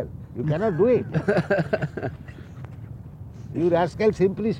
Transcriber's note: laughs